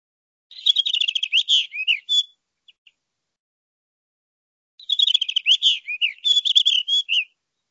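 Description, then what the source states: Rufous-tailed rock thrush song: two fast phrases of varied warbling notes, separated by a short quiet pause. Song of the male.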